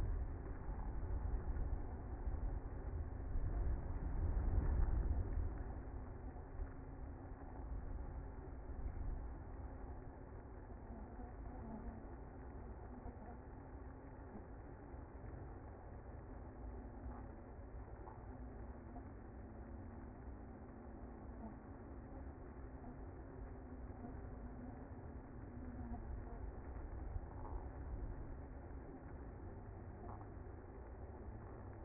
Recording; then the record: honeybee colony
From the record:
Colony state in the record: active